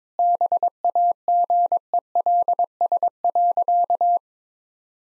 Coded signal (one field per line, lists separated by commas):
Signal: Morse code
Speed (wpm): 22 wpm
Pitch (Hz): 700 Hz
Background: none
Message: BAGELS.